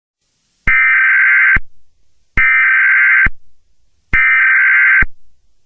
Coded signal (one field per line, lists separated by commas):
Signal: Emergency Alert System (SAME) tones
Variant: header bursts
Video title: EAS Scenario #11: Five Nights At Freddy's 4